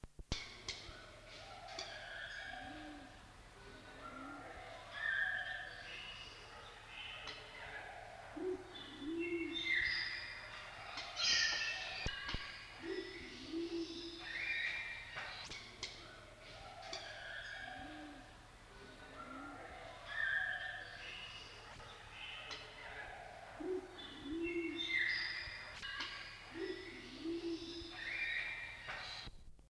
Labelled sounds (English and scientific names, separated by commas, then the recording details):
Torresian Imperial Pigeon (Ducula spilorrhoa) call
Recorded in captivity
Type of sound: call
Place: Artis Zoo, NL
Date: 1976-09-01
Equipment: Halbspur, 9,5 cm/s
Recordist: Lütgens, Hans
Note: Rufe